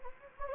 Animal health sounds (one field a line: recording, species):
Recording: mosquito wingbeat signal from an infrared sensor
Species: Anopheles gambiae